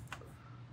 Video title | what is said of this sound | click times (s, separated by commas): Custom Leatherman Sidekick for Camping and Bushcrafting | works pretty well locks into place it's nice that you know all of the wave tools | 0.1 s